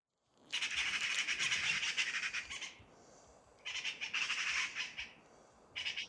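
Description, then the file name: Eurasian magpie giving a harsh, rattling chatter in two long dry bursts with a short pause between, then a third burst starting at the end. "Pica pica"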